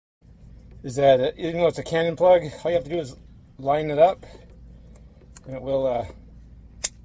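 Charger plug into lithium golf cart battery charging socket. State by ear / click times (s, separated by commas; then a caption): seated / 6.8 s. A charger's Cannon-style plug is lined up and pushed into the charging socket of a 48-volt Vatrer 150Ah lithium golf cart battery. Someone talks throughout. A sharp click at 6.9 s marks the plug snapping into place without needing a twist-lock.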